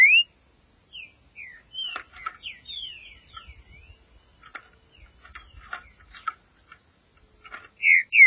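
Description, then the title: Green-winged saltator singing a rambling series of soft slurred whistles and clicking notes, closing with a louder pair of sliding whistles. "Trinca Ferro"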